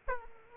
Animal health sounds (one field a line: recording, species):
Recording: mosquito wingbeat signal from an infrared sensor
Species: Aedes aegypti